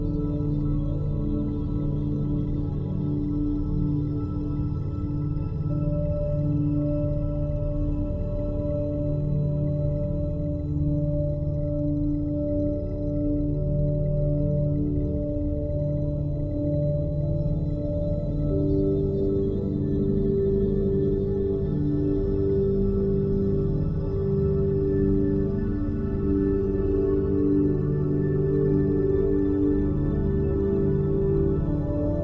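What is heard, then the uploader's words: Binaural beats made of steady, sustained low tones that hum and drone without pause for the whole stretch. Pure held pitches sit in the low and middle range, shifting gently around twenty seconds, with a soft ringing quality like a singing bowl and nothing else underneath. Binaural Beats.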